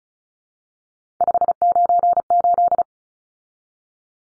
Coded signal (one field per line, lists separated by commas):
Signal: Morse code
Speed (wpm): 34 wpm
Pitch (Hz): 700 Hz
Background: none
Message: 598